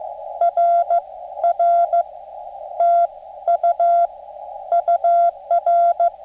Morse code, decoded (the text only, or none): R R T U UR